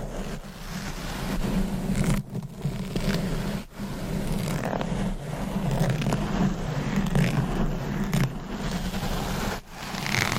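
Deep mic scratching and brushing: a continuous low, rumbling rub with crackly texture, broken by brief dips near two, four and nine seconds.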